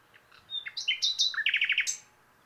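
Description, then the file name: Common nightingale song: a single rich phrase of varied whistles and chirps, with a quick run of several repeated notes and a final high note, then silence. "Luscinia megarhynchos"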